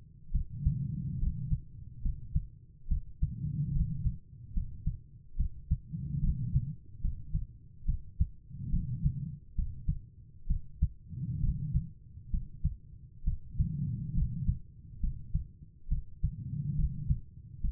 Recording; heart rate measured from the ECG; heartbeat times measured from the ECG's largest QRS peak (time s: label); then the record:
heart sounds by stethoscope; 69 bpm
0.31 s: heartbeat
1.19 s: heartbeat
2.02 s: heartbeat
2.87 s: heartbeat
3.72 s: heartbeat
4.53 s: heartbeat
5.36 s: heartbeat
6.20 s: heartbeat
7.01 s: heartbeat
7.85 s: heartbeat
8.69 s: heartbeat
9.55 s: heartbeat
10.46 s: heartbeat
11.40 s: heartbeat
12.30 s: heartbeat
13.23 s: heartbeat
14.13 s: heartbeat
15.00 s: heartbeat
15.88 s: heartbeat
16.75 s: heartbeat
17.60 s: heartbeat
From the record:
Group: healthy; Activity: rest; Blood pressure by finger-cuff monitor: 104/76 mmHg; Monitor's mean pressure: 85 mmHg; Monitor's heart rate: 70 bpm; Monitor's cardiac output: 5 L/min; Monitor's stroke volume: 72 mL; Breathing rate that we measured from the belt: 23 breaths a minute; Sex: female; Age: 32 years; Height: 172 cm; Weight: 71.7 kg